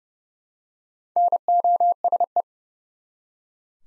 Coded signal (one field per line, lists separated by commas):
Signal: Morse code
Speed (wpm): 32 wpm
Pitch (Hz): 700 Hz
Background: none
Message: NOSE